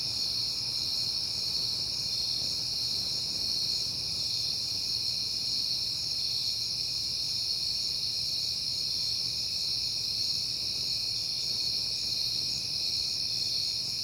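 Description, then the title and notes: Steady chorus of crickets, a high, unbroken trilling drone at several pitches, with faint low hum in the background. Crickets heard often in September, recorded at night on a peaceful night. "Night Time: Crickets and Passing Cars. It is September and I have been hearing the crickets a lot, but finally had a peaceful night to make the recording"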